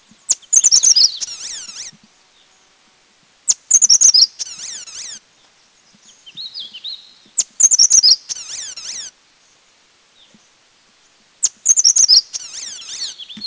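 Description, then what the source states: Grey-sided bush warbler singing very high, thin, rapid descending phrases roughly every four seconds, each a burst of sharp notes trailing off, with a soft lower call between. Recorded at Dirang, India.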